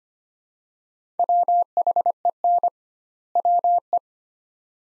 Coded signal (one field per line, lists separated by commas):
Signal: Morse code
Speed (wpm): 25 wpm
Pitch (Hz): 700 Hz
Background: none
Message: WHEN WE